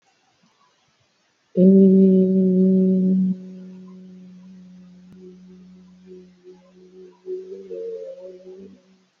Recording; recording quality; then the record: sustained vowel as in beet; excellent, no background noise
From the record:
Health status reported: healthy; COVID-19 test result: negative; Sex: female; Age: 37 years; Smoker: yes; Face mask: not worn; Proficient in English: yes